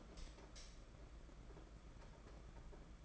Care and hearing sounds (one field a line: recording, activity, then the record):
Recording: daily activity, microphone in the room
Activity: light on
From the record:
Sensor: 5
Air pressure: 992.1 hPa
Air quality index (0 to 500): 204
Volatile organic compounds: 1000 ppm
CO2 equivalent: 5895 ppm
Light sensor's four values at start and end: 8/19/7/8 and 8/21/8/9